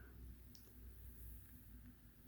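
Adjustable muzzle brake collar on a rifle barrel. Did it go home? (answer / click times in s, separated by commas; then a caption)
yes / 0.5 s. The adjustable muzzle brake collar on the barrel of a .338 Federal Savage 110 Long Range Hunter rifle is twisted by hand between its on and off positions. A single small metallic click sounds at 0.6 s over a low, steady background hum. The collar locks in place.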